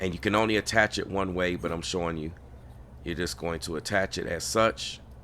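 The pony light kit wiring harness plug is being lined up with the factory wiring harness connector on a Mustang Mach-E rear pony light install while someone talks. Over a low background hum, only speech is heard, with no distinct click. The plug has not seated or clicked in yet.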